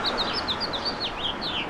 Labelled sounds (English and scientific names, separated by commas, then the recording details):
House Finch (Haemorhous mexicanus) song
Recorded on Long Island, New York, on 3 June 2012
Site FB
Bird A